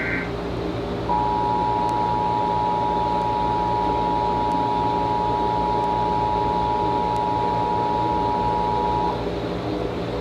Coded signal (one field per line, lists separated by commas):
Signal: Emergency Alert System (SAME) tones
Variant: 853 and 960 Hz attention tone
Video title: (Credit to Everyone) Emergency Alert System - Very Cold Temperature Warning - 8/10/20